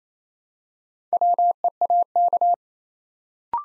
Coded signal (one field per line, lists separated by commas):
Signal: Morse code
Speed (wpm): 29 wpm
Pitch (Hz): 700 Hz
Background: none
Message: WEAK